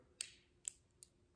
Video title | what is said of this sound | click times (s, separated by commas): Hermes Clic H Clic Clac Bracelet Review and Tips on Buying👍🏼🥰 | started calling them the click clack bracelet and that is because you hear | 0.2 s, 0.7 s